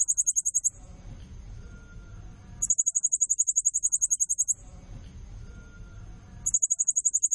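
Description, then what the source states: Blue-crowned hanging parrot calling in rapid, very high bursts, the full one about two seconds long, repeated roughly every four seconds, with faint background noise between. Lure recording used to attract other birds; also used as a tutor (nasteran) call; lively, energetic 'nembak gacor' calling style.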